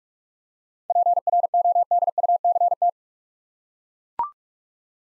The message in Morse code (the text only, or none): PRODUCT